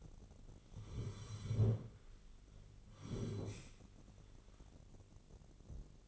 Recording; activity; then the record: daily activity, microphone in the room; sit down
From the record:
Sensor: 4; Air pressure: 1010.2 hPa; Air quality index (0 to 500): 188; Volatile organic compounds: 3 ppm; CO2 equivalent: 1353 ppm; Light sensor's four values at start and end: 42/104/44/47 and 43/105/44/48